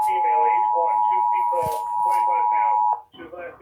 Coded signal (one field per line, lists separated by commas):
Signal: Emergency Alert System (SAME) tones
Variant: 853 and 960 Hz attention tone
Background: speech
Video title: (FOUND) HI PSP. AMBER Alert (Child Abduction Emergency) (EAS #11-14)